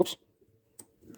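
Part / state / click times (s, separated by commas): choke butterfly plate into leaf blower carburetor / seated / 0.8 s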